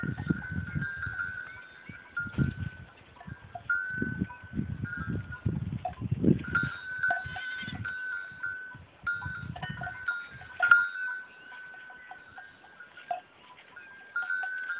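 Goat bleats, long calls, with bursts of low rumbling noise mostly in the first half.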